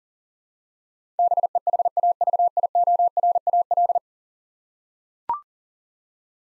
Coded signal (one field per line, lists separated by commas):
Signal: Morse code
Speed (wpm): 40 wpm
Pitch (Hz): 700 Hz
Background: none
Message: BEHAVIORAL